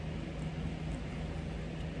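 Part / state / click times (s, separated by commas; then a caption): small flex or coax cable connector onto a phone circuit board / not seated / none. A small flex or coax cable connector is pressed onto the circuit board of a 2021 Motorola XT2131 Stylus 5G phone during reassembly after a screen replacement. A steady low hum and broadband hiss fill the clip, with only a few faint, indistinct short touches and no clear snap. The connector has not seated and nothing has clicked yet.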